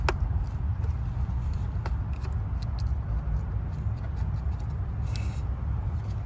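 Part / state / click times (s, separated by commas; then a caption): coolant hose quick-connect fitting onto thermostat housing outlet / seated / 0.1 s. On a 2003 BMW 330i, the second coolant hose's quick-connect fitting, with its clip closed, is pushed all the way onto the plastic thermostat housing outlet port. It gives a sharp click at 0.1 s, confirming it is seated, followed by a few fainter ticks over a steady low rumble.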